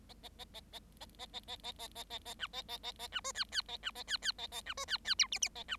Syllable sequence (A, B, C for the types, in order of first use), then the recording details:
A A A A A A A A A A A A A A B A A A A B C D D A B A D D A A B C D D E F F A B. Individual Bird7